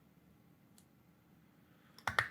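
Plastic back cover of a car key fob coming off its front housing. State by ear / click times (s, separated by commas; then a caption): released / 2.1 s, 2.2 s. The plastic back cover of a Cadillac XT4 key fob (2007–2013) is pulled apart from its front housing by hand, after a small gap is pried open at the seam, to replace the battery. A faint tick at 0.8 s and a small click near 2.0 s come before two sharp, loud clicks at 2.1 s and 2.2 s as the snap clips let go. The two halves of the fob housing come apart.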